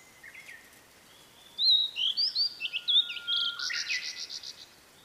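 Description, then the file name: Blue-and-white flycatcher song, a sequence of sliding whistles followed by a run of coarse buzzy notes, with a brief low whistle from another bird. "oruri"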